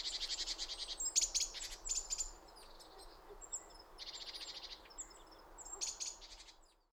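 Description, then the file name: Great tit harsh buzzy churring, several rasping bursts mixed with thin high notes, somewhat faint against a steady background hiss. "Parus major"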